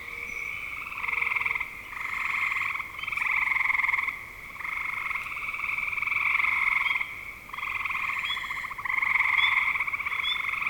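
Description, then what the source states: Frog chorus of buzzy pulsed trills coming in waves broken by short lulls, with occasional higher chirps on top. Frogs recorded in spring 2025.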